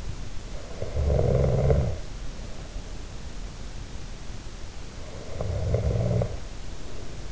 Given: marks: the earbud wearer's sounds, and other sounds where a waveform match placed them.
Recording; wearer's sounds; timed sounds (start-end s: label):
sounds in sleep by an in-ear microphone; snoring breath
0.54-2.25 s: snoring breath
5.05-7.32 s: snoring breath